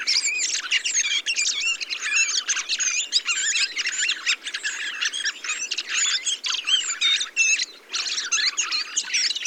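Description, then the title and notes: Thrush flock giving a continuous twittering, warbling chorus of high squeaky notes and short slurred whistles, briefly thinning near the end. 22 November 2020, Montagne du Puy, Drôme; large mixed flock of mistle thrushes, song thrushes, redwings, fieldfares and some blackbirds feeding on berries, blue sky, communal watch for sparrowhawk and goshawk; Nagra Seven, Telinga Pro7 parabola. "POT-POURRI DE GRIVES. 22 novembre 2020-Montagne du Puy - Drôme. Grives draine, musicienne, mauvis et litorne plus quelques merles"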